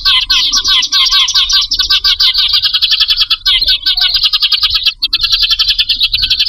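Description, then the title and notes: Bird calls as a busy, unbroken chatter of sharp high chips and trills, many notes layered together with brief dips. Compilation of lure calls used to attract wary, hard-to-approach birds. "Suara Burung Bandel Yang Susah Mendekati. Kompilasi Suara Pikat Burung"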